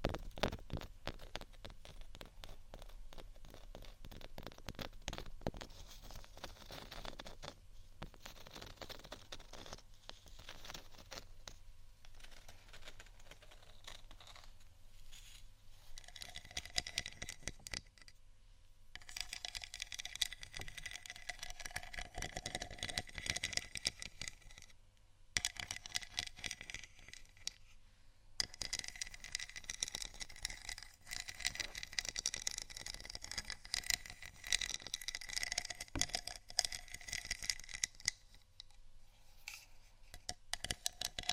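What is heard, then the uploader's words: Scratching and tapping on textured items over a low steady beat, with dense rustly scrapes that thin out briefly around 18 and 25 seconds. ASMR Scratch & Tap On Textured Items & Beat（No Talking）.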